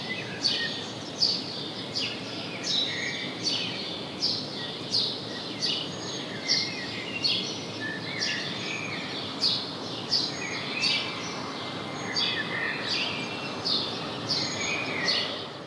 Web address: SETE data Passer domesticus